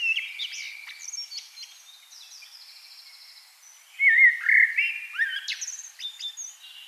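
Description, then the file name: Common blackbird giving faint twittering phrases at first, then a louder fluty warble followed by sharp high squeaky notes. "Turdus merula"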